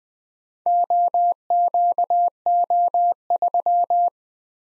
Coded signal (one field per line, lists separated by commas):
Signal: Morse code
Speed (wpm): 20 wpm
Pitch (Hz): 700 Hz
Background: none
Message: OQO3